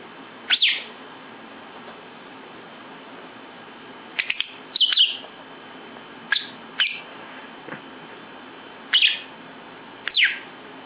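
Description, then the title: Lovebird producing shrill chirps and short squeaky notes, singly and in small clusters, scattered throughout. National champion lovebird, singing actively with a full repertoire of filled-in song ('full isian gacor'). "Burung Lovebird Juara Nasional Full Isian Gacor"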